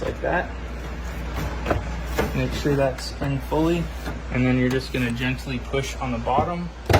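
A mini split indoor head unit is being handled against its wall mounting plate, with its bottom clips lined up to be pushed gently into the plate. Someone talks throughout over a steady low hum, with a brief knock at 1.7 s. Nothing has seated or clicked yet.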